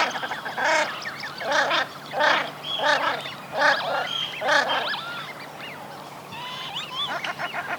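Common shelduck giving loud nasal barking calls in a steady series about every 0.7 seconds, then softer whistled notes.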